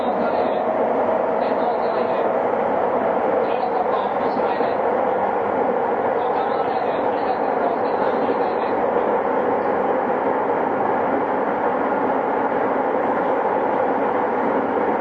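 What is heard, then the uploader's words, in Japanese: A Tokyo Waterfront Area Rapid Transit 70-000 series train runs on the section between Shinjuku and Shin-Kiba, a steady, dense rumble of wheels and motor holding level for the whole stretch. Faint bright squeals flicker in and out between about one and nine seconds, with a quiet murmur of voices underneath. 東京臨海高速鉄道70-000形 新宿〜新木場。JR埼京線→りんかい線の区間で録音。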